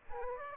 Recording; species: mosquito wingbeat signal from an infrared sensor; Aedes aegypti